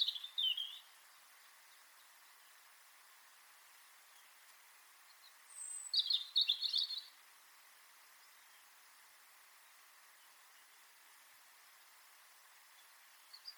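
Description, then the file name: European robin: high, thin song phrases, a brief note at the start, a short glittering burst midway, and long quiet stretches with a steady faint hiss. "Erithacus rubecula"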